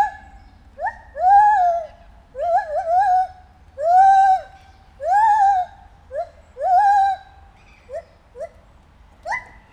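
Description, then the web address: White-handed gibbon giving loud rising whoops that level into long wavering hoots, with shorter upswept notes between. Recorded at a zoo in Debrecen in 2019, during the first encounter with the gibbons. "allathangok debrecenizoo 2019 feherkezu gibbon"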